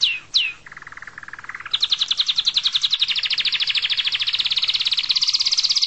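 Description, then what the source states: Canary song opening with two quick down-slurred whistles, then a lower rolling trill that gives way to a long, bright, fast trill that keeps rising slightly in pitch. Canary song accompanied by guitar music.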